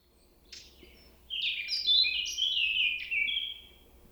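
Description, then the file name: Eurasian blackcap giving one sharp note, then a rich, fluty warble. "Sylvia atricapilla"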